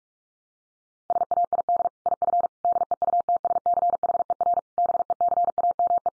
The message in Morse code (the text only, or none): SAID IF DEUTSCHER BECAME